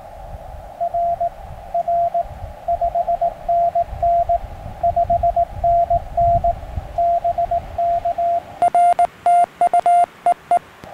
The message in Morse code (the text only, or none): R R 5NN 5NN BK RTU EE